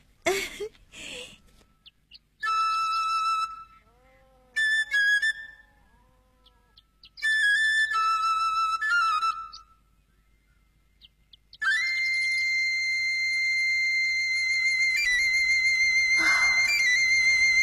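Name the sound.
eagle-bone flute being played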